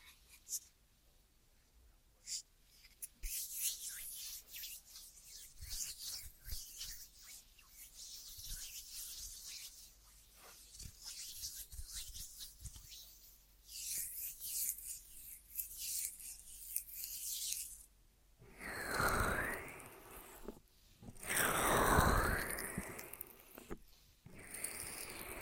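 Ear massage sounds: soft, uneven rubbing and brushing strokes with a hissy, bright texture, pulsing irregularly through the first eighteen seconds. After that the strokes grow louder and fuller, with two strong swelling rubs around nineteen and twenty-two seconds.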